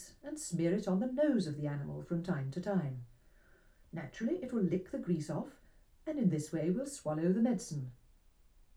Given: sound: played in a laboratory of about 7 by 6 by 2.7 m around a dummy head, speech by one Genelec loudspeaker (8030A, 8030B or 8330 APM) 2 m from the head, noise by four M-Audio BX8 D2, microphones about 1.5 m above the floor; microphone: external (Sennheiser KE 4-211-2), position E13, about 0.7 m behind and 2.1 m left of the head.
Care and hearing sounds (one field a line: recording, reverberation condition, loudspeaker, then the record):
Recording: female speech in English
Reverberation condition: low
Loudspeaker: 60 degrees to the left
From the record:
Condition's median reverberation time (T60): about 310 ms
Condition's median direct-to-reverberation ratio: about 3.5 dB